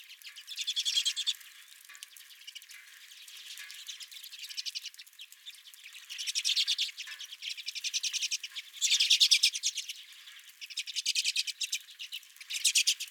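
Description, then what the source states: Redpolls twittering in short loud bursts of rapid chips separated by softer chatter, several birds calling over one another. Redpolls at the recordist's feeder.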